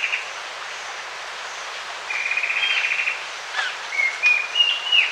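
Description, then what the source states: Amazonian streaked antwren calling: a few faint whistles, then a quick even trill of whistled notes near the middle, followed by scattered clear whistles and a soft background hiss. South America.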